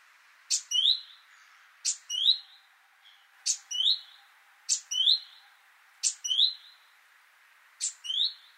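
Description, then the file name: Great tit repeating a two-part call six times, a sharp high click then a rising slurred note, against soft hiss. "Parus major"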